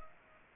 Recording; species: mosquito wingbeat signal from an infrared sensor; Culex pipiens